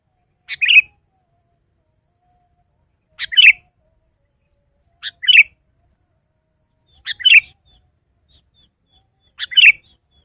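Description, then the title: Sooty-headed bulbul song: five short warbled phrases, each a quick note followed by a rolling chirp, repeated roughly every two seconds. "kutilang"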